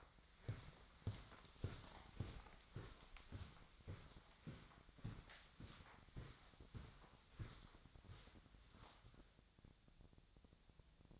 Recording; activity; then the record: daily activity, microphone in the room; walk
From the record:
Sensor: 3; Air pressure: 1009.3 hPa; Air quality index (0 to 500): 192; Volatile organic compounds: 4 ppm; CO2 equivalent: 1548 ppm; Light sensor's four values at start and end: 58/150/66/68 and 56/142/63/66